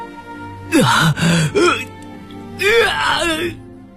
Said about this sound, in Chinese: 就在他思索的时候，某间房里传来一阵撕心裂肺的哀嚎。